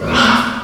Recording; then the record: squeal of a Yucatan mini pig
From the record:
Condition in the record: after surgery on the right vocal fold (resection and tissue-engineered implant); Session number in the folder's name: 15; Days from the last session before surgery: 175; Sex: female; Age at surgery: 19 weeks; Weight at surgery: 25 kg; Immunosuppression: prednisolone